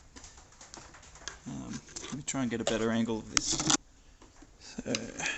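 Someone talks while handling the headlight leveling motor of an IS200/IS300, working its ball joint toward the plastic clip of the headlight beam height adjuster, with the adjuster moved by a screwdriver. Light taps and knocks of handling sound around 0.2 to 1.3 s, and a soft knock at 4.2 s. Nothing has seated or clicked yet.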